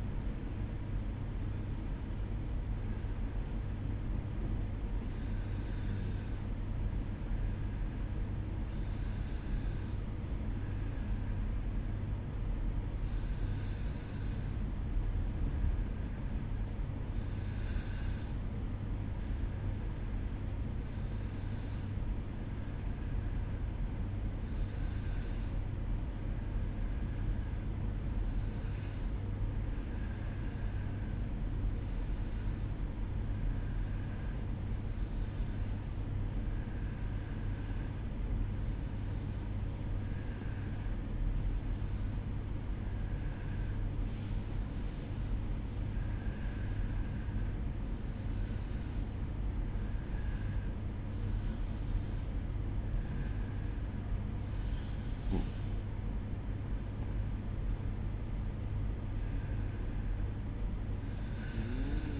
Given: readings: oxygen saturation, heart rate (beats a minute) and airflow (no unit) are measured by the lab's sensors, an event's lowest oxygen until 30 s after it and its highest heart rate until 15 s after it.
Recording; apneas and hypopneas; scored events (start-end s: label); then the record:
breathing in sleep by a smartphone at the bedside; none
none scored
From the record:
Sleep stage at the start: N2 (light sleep); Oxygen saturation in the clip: 92 to 95%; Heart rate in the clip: 55 to 66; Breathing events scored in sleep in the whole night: 305 in 9.6 hours asleep